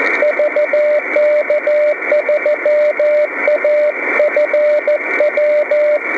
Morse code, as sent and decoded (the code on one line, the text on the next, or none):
...- -.- ...-- .- ..-. .--
VK3AFW